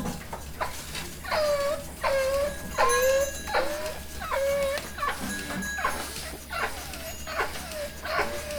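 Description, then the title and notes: Sheep bleating: a run of short harmonic calls that drop in pitch, repeated in quick succession. Field recording in a sheep fold at Gramaços, Oliveira do Hospital, during the daily milking of about 30 sheep. "ordenha (gramaços, oliveira do hospital). Ovelhas # 2 (Ordenha). gravacao de campo num redil de ovelhas, em gramacos, oliveira do hospital, aquando da ordenha diaria a cerca de 30 ovelhas"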